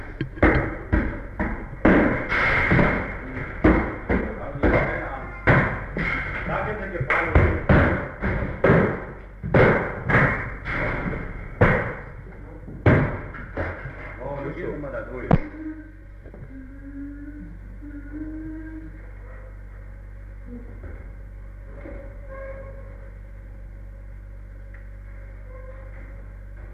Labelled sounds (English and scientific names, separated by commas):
Chimpanzee (Pan troglodytes)